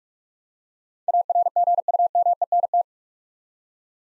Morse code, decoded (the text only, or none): ARGUMENT